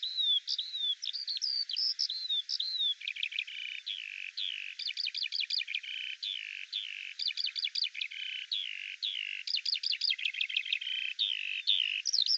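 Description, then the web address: Eurasian skylark song: a continuous, high-pitched stream of varied chirps, slurred whistles and quick trilled note clusters. "Deverinetal 2025 File cleaned normalized Bird Al Ar"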